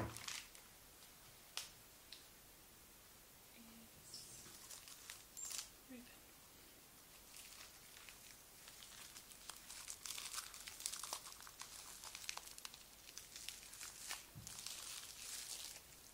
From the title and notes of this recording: ASMR Role play - Helpful elf - wrapping gifts - paper - crinkle.